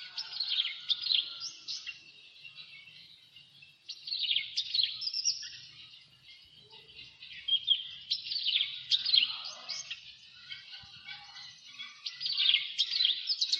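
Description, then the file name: Javan bush lark song: repeated phrases of scratchy, varied high twittering that build and fall away every few seconds. "suara burung branjangan jawa"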